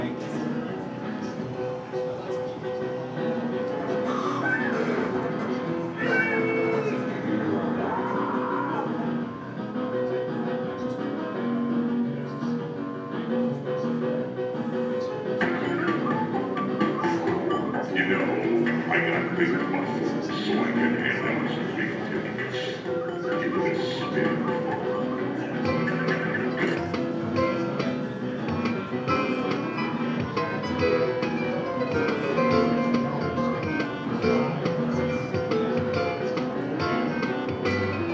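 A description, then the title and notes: A busy arcade with a dense, constant wash of overlapping game sounds, electronic tones and music. Chirps and warbling beeps rise and fall throughout, with brighter clusters of clattering effects after about fifteen seconds, and voices murmur faintly underneath. Arcade, Games, Walk Thru by Bandeto.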